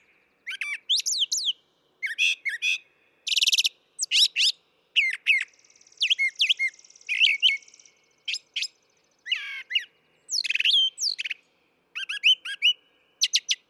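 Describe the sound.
Brown thrasher song, a long, continuous sequence of varied phrases, whistles, harsh buzzes and rapid slurred notes, many repeated twice before switching to something new.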